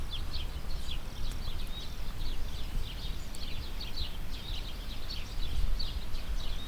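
Birds calling, with many short high chirps overlapping continuously throughout, over a steady low rumbling noise.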